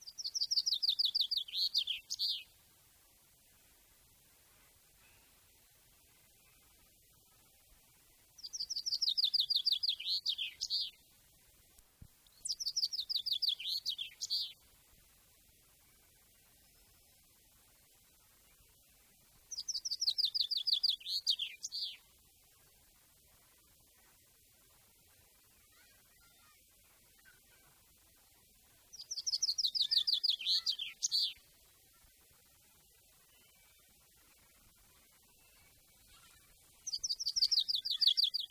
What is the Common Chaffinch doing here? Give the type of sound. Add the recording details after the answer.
song. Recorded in the wild. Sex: male. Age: adult. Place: Garmisch-Partenkirchen, Bayern, DE. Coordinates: 47.4964, 11.0903. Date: 1966-04-12. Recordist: Tretzel, Erwin